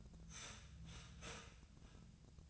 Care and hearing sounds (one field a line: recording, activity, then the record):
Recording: daily activity, microphone in the room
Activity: start toaster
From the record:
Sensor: 2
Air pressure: 1009.1 hPa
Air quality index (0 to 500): 185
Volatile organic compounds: 11 ppm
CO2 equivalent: 2299 ppm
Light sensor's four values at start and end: 23/56/24/26 and 23/57/24/26